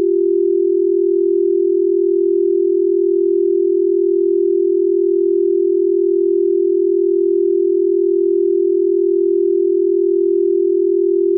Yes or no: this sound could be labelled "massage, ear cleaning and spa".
no